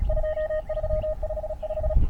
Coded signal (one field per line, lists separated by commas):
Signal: Morse code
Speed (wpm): 36 wpm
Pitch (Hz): 620 Hz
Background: none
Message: 2355